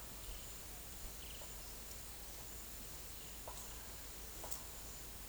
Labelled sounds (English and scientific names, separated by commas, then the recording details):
none
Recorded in secondary vegetation near Puerto Asís, Putumayo, Colombia, on 22 December 2024 at 10:30
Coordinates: 0.468, -76.324
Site G095